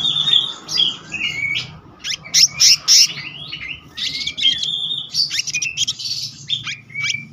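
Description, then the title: Selendang biru song, varied and lively: clear whistled slurs, buzzy high trills and quick chirps run together almost without pause. Continuous rolling song style called gacor ngeroll, with isian. "BURUNG SELENDANG BIRU GACOR NGEROLL ISIAN"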